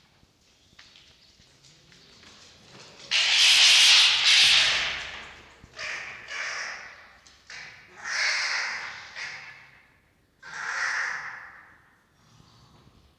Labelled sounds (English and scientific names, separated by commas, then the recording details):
Red Fox (Vulpes vulpes)
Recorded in captivity
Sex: female
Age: adult
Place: Zoologisches Institut der HUB, Berlin, DE
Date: 1953-02-10
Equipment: Elmetra
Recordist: Tembrock, Günter
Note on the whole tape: Fiffi ("Sprödigkeit"): Keifen und offenes Knurren